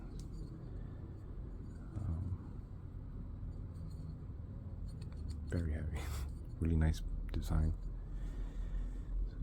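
The heavy top piece of a rechargeable night light is handled above its base, with faint handling taps and someone talking over a steady low hum. The top piece has not seated or locked onto the base yet.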